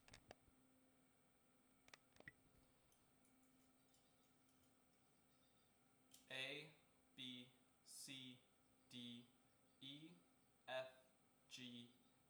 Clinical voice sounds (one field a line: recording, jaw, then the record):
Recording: letters of the alphabet, spoken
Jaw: free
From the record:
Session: seven days later